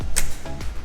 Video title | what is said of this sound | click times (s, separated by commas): 2021 Acura TLX A-Spec SH-AWD - Oem Lip Bodykit Installation Guide and Vossen HF-3 Wheel Upgrades | You should hear a click sound, just like that. | 0.2 s